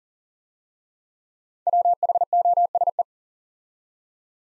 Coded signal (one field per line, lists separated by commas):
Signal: Morse code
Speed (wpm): 40 wpm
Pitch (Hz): 700 Hz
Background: none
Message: WHOSE